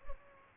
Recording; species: mosquito wingbeat signal from an infrared sensor; Culex pipiens